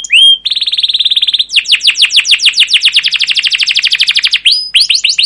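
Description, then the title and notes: Canary song, continuous and loud: a rising whistle, a rapid rattling trill, then long series of sweeping notes repeated several times a second, ending with bright high chirps. Song used as a lure and master recording for training young canaries to learn sounds; emotional, long chirping 'cuit cuit' style song. "CUIT CUIT NGEROL LANGSUNG GACOR PANJANG Kenari Ini AMPUH Utk Pancingan KENAR. PANCINGAN Kenari GACOR PANJANG Cuit CUIT EMOSI ini AMPUH utk MASTERAN Kenari PAUD belajar BUNYI. burung kenari"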